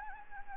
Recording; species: mosquito wingbeat signal from an infrared sensor; Anopheles gambiae